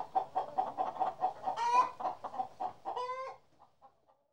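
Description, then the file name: Chickens giving rapid soft clucks, followed by two louder strained calls, then the sound fades to quiet with a few faint clucks. "kury"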